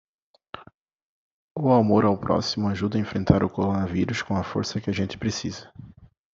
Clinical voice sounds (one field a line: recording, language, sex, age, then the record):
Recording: spoken sentence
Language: Brazilian Portuguese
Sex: male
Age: 30 to 39 years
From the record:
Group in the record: control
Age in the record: 32 years